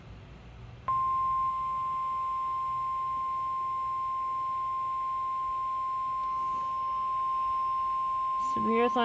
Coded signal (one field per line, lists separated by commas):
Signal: Emergency Alert System (SAME) tones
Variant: 1050 Hz attention tone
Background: speech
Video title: EAS NOAA weather radio Severe T Storm watch & on some weather apps.